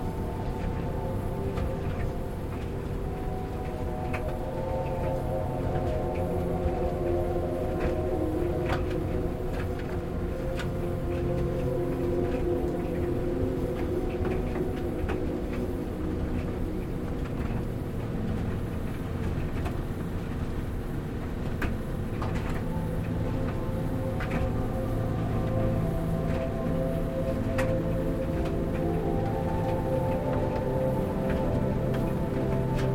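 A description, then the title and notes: A washing machine churns in a steady, dense low rumble that holds an even level for the whole stretch. Humming tones sit above it, shifting slightly in pitch over time, while faint clicks and knocks tick through at irregular moments. I have taken the final credit music and blurred it into something peaceful and reflective. The rhythmic movement and sound of a washing machine along with the end credit music.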